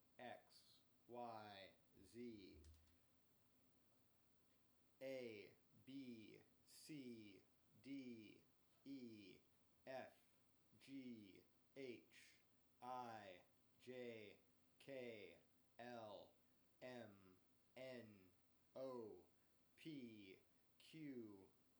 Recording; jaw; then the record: letters of the alphabet, spoken; free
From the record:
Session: first day, before the bite bar